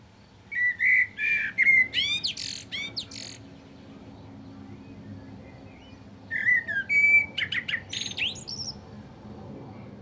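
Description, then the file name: Common blackbird song: two phrases, each a low fluted warble that breaks into high squeaky twittering, separated by about three seconds of quiet. "Turdus merula"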